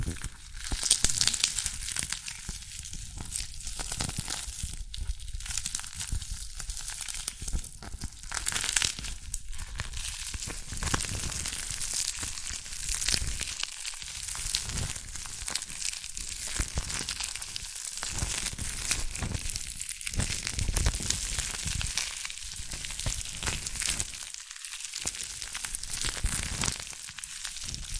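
Dalgona candy being tapped and cracked, a dense run of brittle, crunchy clicks and scrapes that continues for the whole stretch. The sound is bright and crackly with frequent sharp taps, brief quieter gaps near 14, 20 and 24 seconds, and a stronger burst right at the start.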